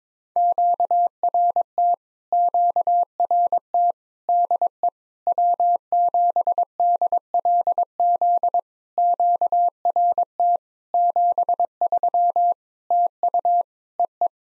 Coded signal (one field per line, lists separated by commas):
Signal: Morse code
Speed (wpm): 22 wpm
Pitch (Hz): 700 Hz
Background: none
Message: QRT QRT DE W7DLZ QRT 73 TU EE